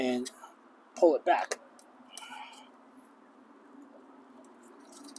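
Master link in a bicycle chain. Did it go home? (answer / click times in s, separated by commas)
yes / 5.2 s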